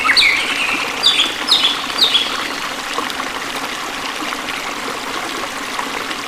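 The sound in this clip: Songbird chirps: a few sharp downslurred notes in the first two seconds, then only steady background noise.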